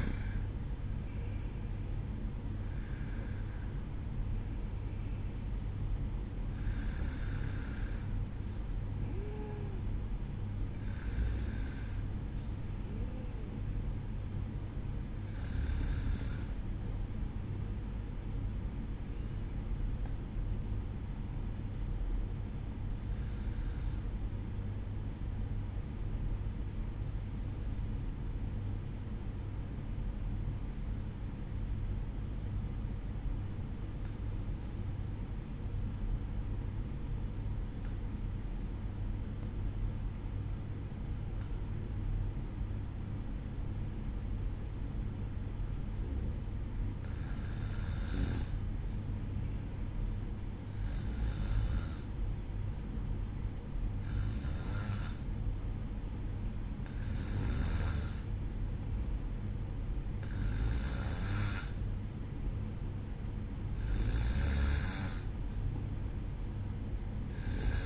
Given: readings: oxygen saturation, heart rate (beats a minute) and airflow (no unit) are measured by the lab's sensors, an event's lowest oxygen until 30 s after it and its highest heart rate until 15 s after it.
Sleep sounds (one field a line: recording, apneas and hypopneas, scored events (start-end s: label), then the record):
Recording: breathing in sleep by a smartphone at the bedside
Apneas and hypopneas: 1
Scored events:
20.00-58.90 s: hypopnea (N1, oxygen 95% highest, then 93% lowest, heart rate 53 at the start, 57 highest)
From the record:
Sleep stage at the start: N1 (lightest sleep)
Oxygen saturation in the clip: 93 to 95%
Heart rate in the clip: 53 to 56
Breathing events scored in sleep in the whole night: 305 in 9.6 hours asleep